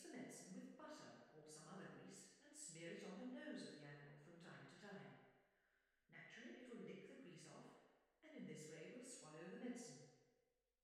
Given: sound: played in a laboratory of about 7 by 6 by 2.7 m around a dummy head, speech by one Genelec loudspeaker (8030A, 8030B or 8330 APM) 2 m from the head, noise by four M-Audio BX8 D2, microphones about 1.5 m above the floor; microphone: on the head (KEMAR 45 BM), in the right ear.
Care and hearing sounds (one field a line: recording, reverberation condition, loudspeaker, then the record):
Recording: female speech in English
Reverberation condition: high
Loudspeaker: 90 degrees to the left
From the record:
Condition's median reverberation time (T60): about 1300 ms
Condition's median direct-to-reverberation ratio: about -4.0 dB